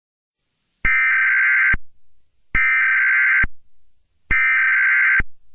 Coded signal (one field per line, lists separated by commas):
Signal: Emergency Alert System (SAME) tones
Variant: header bursts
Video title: Raving Rabbids EAS at 1:00 PM